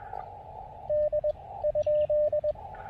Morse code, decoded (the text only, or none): D ?